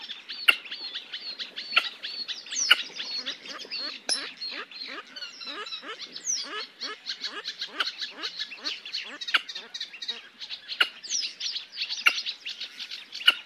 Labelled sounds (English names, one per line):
Red-necked Grebe call